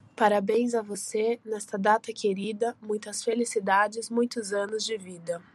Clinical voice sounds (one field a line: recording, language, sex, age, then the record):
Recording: short text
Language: Brazilian Portuguese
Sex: female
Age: 20 to 29 years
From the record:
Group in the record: control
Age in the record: 26 years